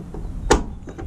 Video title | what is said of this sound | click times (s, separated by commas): 2018 F150 Tailgate Assist Install | push it on there see here click just | 0.5 s